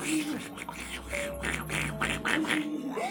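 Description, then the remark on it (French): A person imitates a duck with a rapid series of nasal, raspy quacks, repeated in short rhythmic bursts over about three seconds at a fairly loud level. “Bah, vous en avez mangé, je me suis pas transformé en oiseau, moi. Ça peut bien. Je fais pas cuit-cuit. Je fais.”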